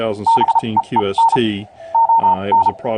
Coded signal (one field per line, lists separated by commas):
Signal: Morse code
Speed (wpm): 34 wpm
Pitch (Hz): 910 Hz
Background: speech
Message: BEEN ON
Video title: Software Controlled Radio Transceiver and Software Demo (K4KRW)